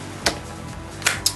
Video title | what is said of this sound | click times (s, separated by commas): Schuberth C3 Pro Helmet | it's an integrated drop down sun visor multiposition it actually Clicks in place as well so you can keep it at whatever position you want | 0.3 s, 1.1 s, 1.3 s